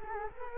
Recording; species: mosquito wingbeat signal from an infrared sensor; Culex quinquefasciatus